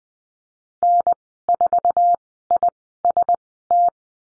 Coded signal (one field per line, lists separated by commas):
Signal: Morse code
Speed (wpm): 20 wpm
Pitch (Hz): 700 Hz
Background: none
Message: N4IST